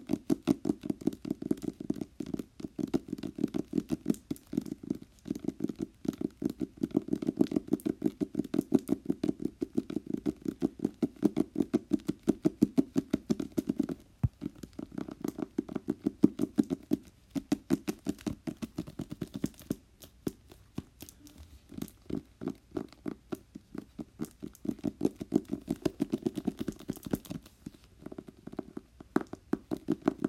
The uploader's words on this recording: One minute of tapping~no talking.